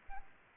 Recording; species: mosquito wingbeat signal from an infrared sensor; Aedes albopictus